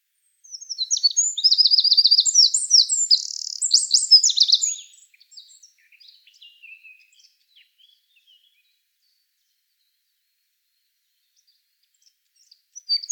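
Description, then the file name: Eurasian wren in a loud, high, fast song of trills and bright notes for about four seconds, followed by faint scattered notes and long silence, then a brief note. "Troglodytes troglodytes"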